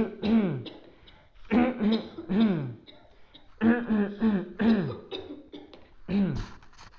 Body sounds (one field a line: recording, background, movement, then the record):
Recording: throat clearing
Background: a bystander coughing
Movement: sitting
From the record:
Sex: male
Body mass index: 20.6 kg/m2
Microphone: on the chest, facing outward